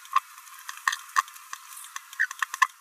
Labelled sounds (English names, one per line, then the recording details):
Green-rumped Parrotlet babbling
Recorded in a nest box in Venezuela
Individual 18B17A3